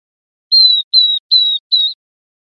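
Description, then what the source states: Northern beardless-tyrannulet with four high, clear, gently descending whistled notes delivered at an even pace, no other sounds present. Recorded 8 June 2002.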